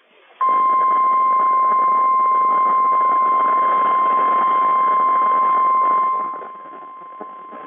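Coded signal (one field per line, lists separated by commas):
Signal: Emergency Alert System (SAME) tones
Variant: 1050 Hz attention tone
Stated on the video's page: National Weather Service Required Weekly Test on NOAA weather radio, taken from a Broadcastify stream archive, with static and a quieted 1050 Hz tone.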